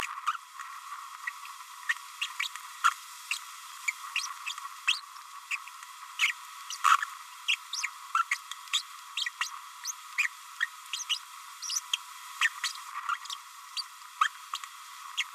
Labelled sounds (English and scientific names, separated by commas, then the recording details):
Green-rumped Parrotlet (Forpus passerinus) babbling
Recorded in a nest box in Venezuela
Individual 18B25A5